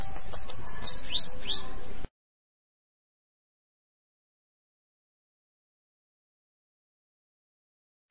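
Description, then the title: Bananaquit song: a brief, very high jumble of rapid thin notes and a couple of falling squeaks, then silence for most. "Canto De Cambacica"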